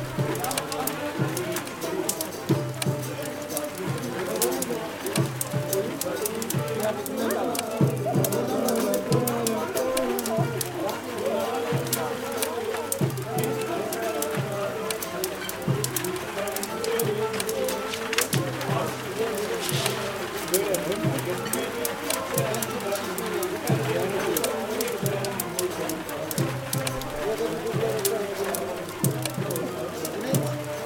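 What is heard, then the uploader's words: Inside a coffee shop, a steady murmur of people talking fills the room, with overlapping voices throughout. Quick, sharp crackles and pops from a fire scatter across the whole clip, and a soft cooing bird sounds now and then in the background. Turkish Coffee Shop Ambience. Crackling Fire & People Sounds. You're sitting in a Turkish coffee shop next to the crackling fire as you read a book & sip your warm drink.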